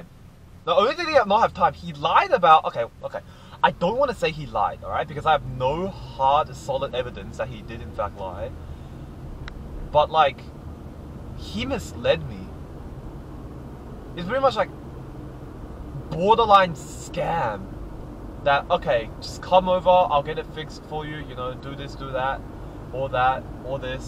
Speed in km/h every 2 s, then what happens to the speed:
0, 1, 5, 13, 24, 33, 43, 46, 48, 50, 49, 48.
0-3 standing. 3-17 pulls away to 50. 17-24 steady at about 49.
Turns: none.